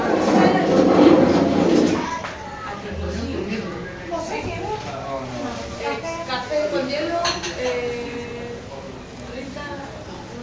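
Chatter of many voices in a Barcelona bar, loudest in the first two seconds, then a steady murmur of overlapping talk with occasional clinks.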